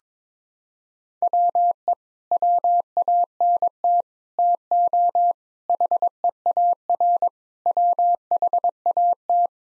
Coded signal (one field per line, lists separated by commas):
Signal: Morse code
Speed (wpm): 22 wpm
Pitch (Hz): 700 Hz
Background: none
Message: WE WANT TO HEAR WHAT